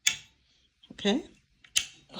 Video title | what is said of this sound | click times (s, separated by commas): The Most Underrated Wagon Stroller? Momfann Review + Assembly 🤔 | So we want to hear clicks from these. | 0.1 s